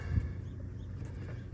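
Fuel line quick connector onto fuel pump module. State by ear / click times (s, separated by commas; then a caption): not seated / none. A fuel line quick connector is rotated and its clips are lined up before being pushed onto the fuel pump module of a 2011 Chevrolet Traverse. There are faint low handling rumbles and a soft bump near 0.2 s. Nothing has clicked or seated yet.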